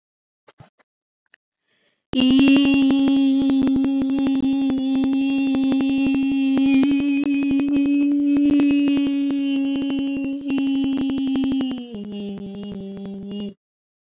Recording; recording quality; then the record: sustained vowel as in beet; moderate, slight background noise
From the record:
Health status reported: healthy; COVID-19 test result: negative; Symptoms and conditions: none ticked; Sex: female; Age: 21 years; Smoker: not ticked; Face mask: worn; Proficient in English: yes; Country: India